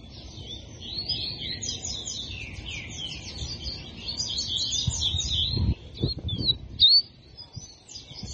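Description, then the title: Double-collared seedeater delivering a long, fast sequence of high twittering notes, followed by a few scattered chirps and low thumps. Song in the tui tui style; the bird is described as fibra. "COLEIRO DE GOLA TUI TUI FIBRA"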